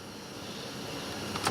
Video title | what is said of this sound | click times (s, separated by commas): RADIATOR FAN RELAY LOCATION REPLACEMENT DODGE JOURNEY, FIAT FREEMONT. DODGE JOURNEY OVERHEATING | Okay, and all we have to do now, just push it in until it clicks all the way. | 1.4 s, 1.5 s